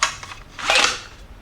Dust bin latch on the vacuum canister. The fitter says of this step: and it locks in place